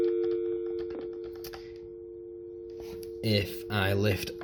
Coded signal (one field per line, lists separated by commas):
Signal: telephone call progress tone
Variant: UK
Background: speech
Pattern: dial tone